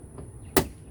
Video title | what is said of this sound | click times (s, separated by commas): Ford F-150 Backup Camera Installation + Kit 2015 - 2019 - Complete Tutorial | and you'll just want to push it all the way down till it makes a nice click so it holds on, it doesn't come off. | 0.6 s